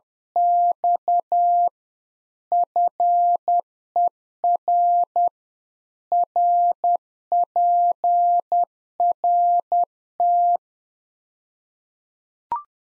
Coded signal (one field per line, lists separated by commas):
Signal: Morse code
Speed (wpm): 10 wpm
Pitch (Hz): 700 Hz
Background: none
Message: X FER RPRT